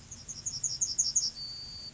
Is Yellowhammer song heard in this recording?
yes